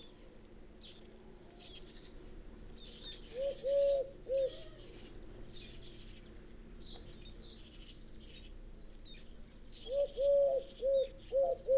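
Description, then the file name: Eurasian wren calls: sharp, high ticks repeated at irregular intervals, with a lower wavering series beneath at times. "Troglodytes troglodytes"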